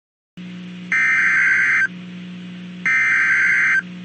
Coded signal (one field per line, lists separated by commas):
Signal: Emergency Alert System (SAME) tones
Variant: header bursts